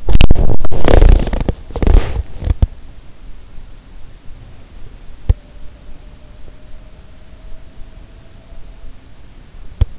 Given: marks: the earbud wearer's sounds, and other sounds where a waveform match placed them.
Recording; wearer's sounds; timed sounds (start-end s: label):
sounds in sleep by an in-ear microphone; body movement, teeth grinding
0.00-2.78 s: body movement
5.15-5.52 s: teeth grinding
9.70-9.99 s: teeth grinding